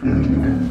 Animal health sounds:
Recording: pig call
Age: growing-finishing pig (85 days or more)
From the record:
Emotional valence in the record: positive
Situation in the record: enriched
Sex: female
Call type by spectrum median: low-frequency call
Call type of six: low-frequency modulated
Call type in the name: low-frequency stable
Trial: 2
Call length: 0.71 s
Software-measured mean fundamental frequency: 42 Hz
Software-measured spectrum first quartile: 130 Hz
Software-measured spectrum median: 225 Hz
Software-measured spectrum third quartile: 307 Hz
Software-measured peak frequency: 260 Hz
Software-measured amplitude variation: 137 dB a second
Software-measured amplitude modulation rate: 26.0 a second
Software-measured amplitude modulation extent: 5.3 dB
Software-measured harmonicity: 1.3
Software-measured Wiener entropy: -1.32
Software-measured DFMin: 1181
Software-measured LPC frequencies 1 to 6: 273, 1601, 2387, 4024, 4509, 5332 Hz

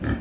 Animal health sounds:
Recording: pig call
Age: growing-finishing pig (85 days or more)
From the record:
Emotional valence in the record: negative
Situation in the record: barren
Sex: female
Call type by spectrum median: low-frequency call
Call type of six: low-frequency stable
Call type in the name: low-frequency stable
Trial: 1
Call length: 0.21 s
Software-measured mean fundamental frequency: 41 Hz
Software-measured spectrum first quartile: 126 Hz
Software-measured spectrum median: 269 Hz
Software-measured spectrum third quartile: 735 Hz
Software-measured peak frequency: 86 Hz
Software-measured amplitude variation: 157 dB a second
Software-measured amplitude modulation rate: 21.6 a second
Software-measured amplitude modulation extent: 7.3 dB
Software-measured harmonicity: 1.8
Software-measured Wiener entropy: -1.06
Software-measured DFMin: 962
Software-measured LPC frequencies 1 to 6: 285, 1268, 1726, 3160, 4622, 6571 Hz

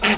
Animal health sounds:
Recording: pig call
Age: piglet (1 to 25 days)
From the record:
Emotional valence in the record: negative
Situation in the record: crushing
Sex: female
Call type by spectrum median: low-frequency call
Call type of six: low-frequency tonal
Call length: 0.18 s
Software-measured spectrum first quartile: 693 Hz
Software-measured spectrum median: 1888 Hz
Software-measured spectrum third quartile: 3191 Hz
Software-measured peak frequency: 214 Hz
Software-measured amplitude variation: 121 dB a second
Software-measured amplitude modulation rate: 14.0 a second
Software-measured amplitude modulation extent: 8.6 dB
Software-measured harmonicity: 0.1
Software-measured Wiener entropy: -1.00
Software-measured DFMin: 587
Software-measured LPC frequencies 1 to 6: 638, 2693, 4507, 5430, 7416, 8159 Hz

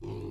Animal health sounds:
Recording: pig call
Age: weaner (32 to 43 days)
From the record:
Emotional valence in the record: negative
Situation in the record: short isolation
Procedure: open field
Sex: female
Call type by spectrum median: low-frequency call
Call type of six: low-frequency stable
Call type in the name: low-frequency stable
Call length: 0.30 s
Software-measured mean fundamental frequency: 50 Hz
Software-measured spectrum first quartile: 107 Hz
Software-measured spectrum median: 258 Hz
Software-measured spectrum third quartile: 409 Hz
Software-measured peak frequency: 352 Hz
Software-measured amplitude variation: 93 dB a second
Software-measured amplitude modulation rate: 24.6 a second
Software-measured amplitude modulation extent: 3.8 dB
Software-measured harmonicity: -0.7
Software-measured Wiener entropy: -0.02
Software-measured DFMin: 763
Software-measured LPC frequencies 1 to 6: 352, 928, 2651, 3448, 4167, 4736 Hz

